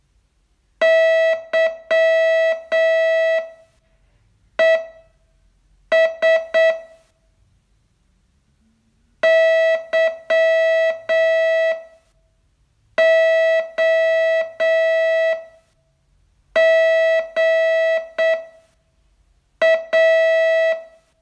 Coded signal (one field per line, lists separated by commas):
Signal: Morse code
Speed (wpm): 7 wpm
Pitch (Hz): 650 Hz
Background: none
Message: YES YOGA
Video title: Learn Morse in 42 Days from VU2LAU - day 30 test